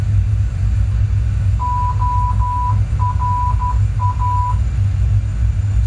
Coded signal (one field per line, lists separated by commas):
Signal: Morse code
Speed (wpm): 12 wpm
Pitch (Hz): 990 Hz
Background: none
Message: ORA